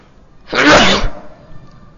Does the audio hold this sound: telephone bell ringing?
no